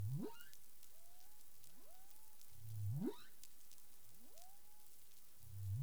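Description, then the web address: Humpback whale calls: low upswept grunts alternating with thinner rising whistles, about six units heard, with constant crackling hiss behind. 19 April 2021, 08:20 UTC. "CARIMAM clean data humpback whale"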